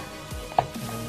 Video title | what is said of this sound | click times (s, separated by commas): Louie's Custom PCs - How to Upgrade and Build PCs | once you hear it click and then | 0.6 s